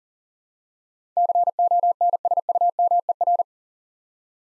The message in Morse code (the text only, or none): CONSUMER